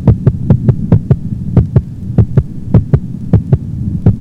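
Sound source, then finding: Animal heart by stethoscope. Sinus arrhythmia with mitral regurgitation murmur.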